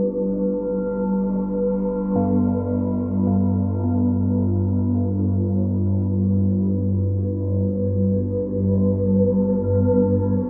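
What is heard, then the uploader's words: Layered crystal bowls hum in steady low and mid tones, with a new deeper tone entering around two seconds and sustaining to the end. Some Macro/modulation wheel/aftertouch action in the demo. Multi-sampled crystal bowls layered with granulated reversed bowls.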